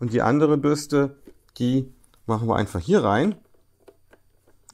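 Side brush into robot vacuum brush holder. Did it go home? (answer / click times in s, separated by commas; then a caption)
yes / 4.7 s. Someone talks while pressing the second plastic side brush onto its holder on the underside of an AZMKOO V701S robot vacuum. A few faint ticks follow, then a sharp snap at 4.7 s as the brush clicks into place and is seated.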